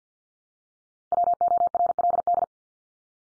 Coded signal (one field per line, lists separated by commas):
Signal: Morse code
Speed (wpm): 50 wpm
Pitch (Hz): 700 Hz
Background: none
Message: WORLD